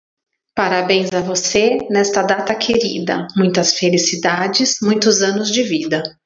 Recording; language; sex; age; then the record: short text; Brazilian Portuguese; female; 40 to 49 years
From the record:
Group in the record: control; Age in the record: 44 years